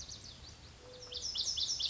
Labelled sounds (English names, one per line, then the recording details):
Lazuli Bunting
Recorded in Sonoma County, California